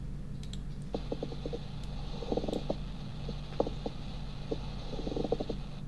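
Pleural friction rub heard over an adult chest by stethoscope: short, grating, creaking bursts that recur in clusters over a low background hum.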